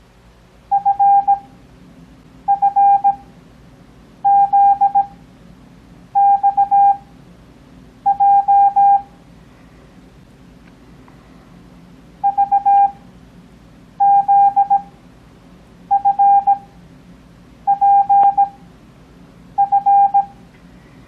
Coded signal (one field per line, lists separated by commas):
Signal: Morse code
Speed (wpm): 17 wpm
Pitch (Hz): 800 Hz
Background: none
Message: FFZXJ VZFPF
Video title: Copy Morse Code 2nd Grade